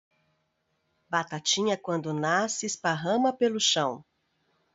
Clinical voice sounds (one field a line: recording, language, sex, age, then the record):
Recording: short text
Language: Brazilian Portuguese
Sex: female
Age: 40 to 49 years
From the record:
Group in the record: control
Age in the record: 49 years